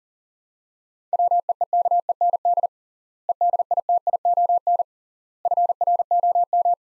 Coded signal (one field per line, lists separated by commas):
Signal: Morse code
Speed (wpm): 40 wpm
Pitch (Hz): 700 Hz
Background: none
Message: WEEKEND EDITION FROM